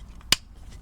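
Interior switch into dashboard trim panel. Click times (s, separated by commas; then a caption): 0.3 s. A new Mk6-style chrome-tipped plastic interior switch is pushed into its opening in the dashboard trim panel of a Mk5 Golf R32. It snaps home with one sharp, loud click at 0.3 s, with only faint small ticks around it. The switch is seated and feels firm.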